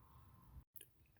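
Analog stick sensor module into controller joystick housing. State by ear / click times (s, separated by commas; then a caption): seated / 0.8 s. A replacement white potentiometer sensor module is pushed into the green joystick housing of a game controller's analog stick. After a low rumbling handling noise and a brief near-silent gap, a sharp click at 0.8 s marks the sensor snapping into place, followed by faint ticks. The sensor is seated.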